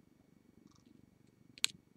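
A metal hoop earring piece is turned until its first side pops into its seat in the holder on the hoop. Over a steady low purring rumble, a few faint ticks lead to a sharp, bright pop at 1.6 s. The piece is seated.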